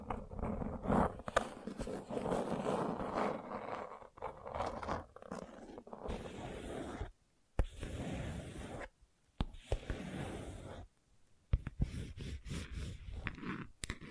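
Gentle scratching with a rough, rustling texture, continuous for the first few seconds and then broken into bursts. Brief silent gaps fall around seven, nine and eleven seconds, and a few sharp clicks punctuate the strokes.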